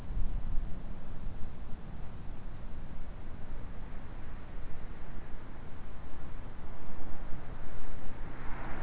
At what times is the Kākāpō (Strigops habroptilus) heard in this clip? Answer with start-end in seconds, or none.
none